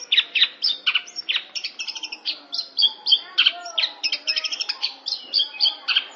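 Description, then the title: Long-tailed shrike song: a fast, varied jumble of sharp chirps and short high notes in quick, uneven bursts, with a faint low whistle underneath. "Cendet Pentet"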